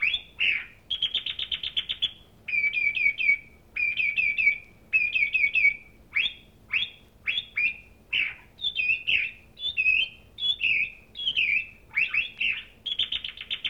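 Thrush delivering a long, varied song of ringing whistles and short trills, phrases repeated several times each in steady succession.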